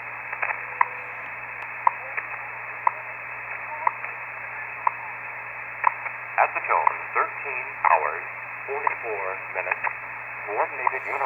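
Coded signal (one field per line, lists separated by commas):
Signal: radio time signal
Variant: WWV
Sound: sharp ticks once per second through radio hiss, then a spoken announcement begins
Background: radio static, speech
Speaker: here we are with the wwv and i will sit here for a little bit to see if i can detect the announcements from wwvh 13 hours universal time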